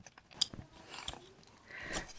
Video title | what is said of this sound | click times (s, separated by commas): How To Install EQT Coilpack Grounding Kit - Audi S3 & Golf R | There we go, there was a nice little click at the end there. | 0.4 s